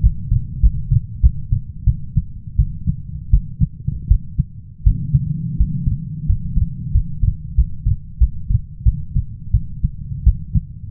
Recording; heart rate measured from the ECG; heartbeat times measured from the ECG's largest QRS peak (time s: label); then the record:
heart sounds by stethoscope; 88 bpm
0.02 s: heartbeat
0.62 s: heartbeat
1.22 s: heartbeat
1.86 s: heartbeat
2.58 s: heartbeat
3.32 s: heartbeat
4.09 s: heartbeat
4.85 s: heartbeat
5.59 s: heartbeat
6.28 s: heartbeat
6.93 s: heartbeat
7.56 s: heartbeat
8.19 s: heartbeat
8.84 s: heartbeat
9.52 s: heartbeat
10.25 s: heartbeat
From the record:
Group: healthy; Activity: rest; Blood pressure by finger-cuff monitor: 166/64 mmHg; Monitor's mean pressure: 91 mmHg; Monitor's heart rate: 88 bpm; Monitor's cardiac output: 9.4 L/min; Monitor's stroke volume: 103 mL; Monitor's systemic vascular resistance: 700 dyn s/cm5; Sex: female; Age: 37 years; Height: 168 cm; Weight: 70 kg